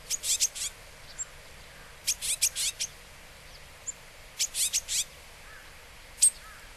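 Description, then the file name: Japanese tit repeating rasping, buzzy call bursts of four or five notes roughly every two seconds, with a lone sharp high note near the end. Recorded in Hyogo. "sijuukara 5 0803 hyogo kaji"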